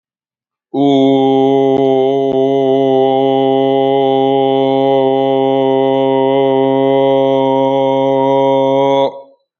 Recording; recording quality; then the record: sustained vowel as in boot; excellent, no background noise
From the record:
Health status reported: healthy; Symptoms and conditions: cold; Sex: male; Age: 18 years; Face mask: not worn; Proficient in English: yes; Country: India